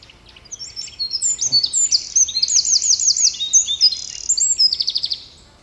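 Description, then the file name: Eurasian wren song: a brisk cascade of shrill notes building into rapid trills, ending in a quick rattling run after about five seconds. "Troglodytes troglodytes"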